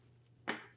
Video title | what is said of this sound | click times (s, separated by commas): Peak Design Travel Tripod. Maintenance & Tuning | make sure that those 2 little buttons are pushed into the holes on the leg. It should make a little click. | 0.5 s